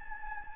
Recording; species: mosquito wingbeat signal from an infrared sensor; Anopheles gambiae